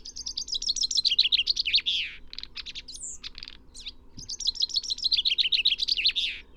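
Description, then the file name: Common chaffinch song: a descending trill with a flourish at the end. Scattered short chip notes and a thin whistle follow, then a second song. "Fringilla coelebs"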